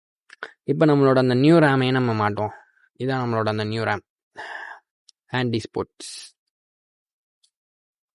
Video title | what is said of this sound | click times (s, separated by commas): How to install ram in pc tamil - PCல் RAM எப்படி போடுவது? - RAM Dual Channel Setup Tamil | நானே lock பண்ணிக்கிறேன். Okay | 0.3 s, 0.4 s